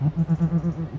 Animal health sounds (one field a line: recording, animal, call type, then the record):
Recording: contact call of a hoofed animal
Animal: goat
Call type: low-frequency (closed-mouth) or high-frequency (open-mouth) call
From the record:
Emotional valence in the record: negative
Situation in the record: short social isolation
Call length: 1.00 s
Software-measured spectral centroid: 920 Hz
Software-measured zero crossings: 490 a second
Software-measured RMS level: -23 dBFS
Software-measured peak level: -12 dBFS